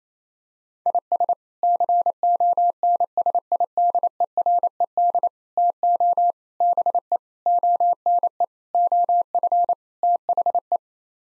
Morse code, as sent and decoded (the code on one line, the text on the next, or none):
.. ... / -.-. --- -. ... .. -.. . .-. . -.. / - --- / -... . / --- -. . / --- ..-. / - .... .
IS CONSIDERED TO BE ONE OF THE